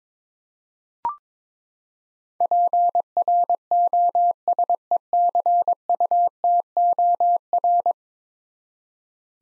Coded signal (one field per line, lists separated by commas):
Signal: Morse code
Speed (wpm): 22 wpm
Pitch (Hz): 700 Hz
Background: none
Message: PROSECUTOR